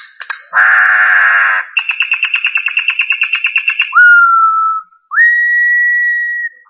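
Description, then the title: Bird song: a harsh buzzy burst, then a fast even trill of short notes, followed by two long whistled tones. "LuckyPassaros CompletosSama"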